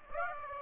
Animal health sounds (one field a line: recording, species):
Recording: mosquito wingbeat signal from an infrared sensor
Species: Aedes aegypti